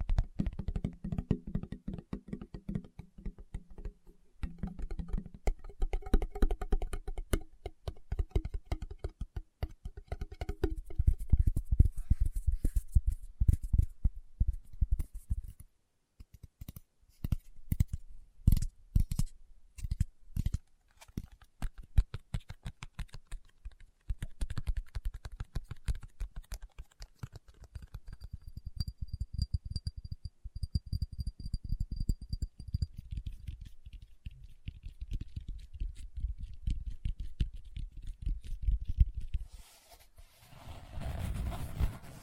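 Fingertips tap rapidly and unevenly on a hard surface, producing dense bursts of soft, low clicks for about 42 seconds. The tapping pauses briefly near 16 seconds, and a faint, steady high tone shows up around 28 to 33 seconds.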